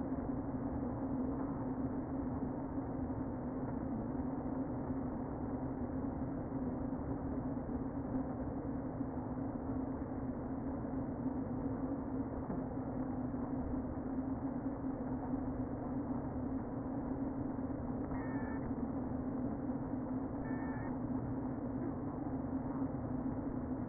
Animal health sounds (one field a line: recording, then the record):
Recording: honeybee colony, microphone inside the hive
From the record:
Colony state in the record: queen present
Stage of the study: before two queens were removed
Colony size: about 60,000 bees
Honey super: yes